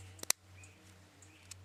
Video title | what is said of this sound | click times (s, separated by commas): Stokes Select Royal Hummingbird Feeder | put that flower inside that hole there until you hear it click, | 0.3 s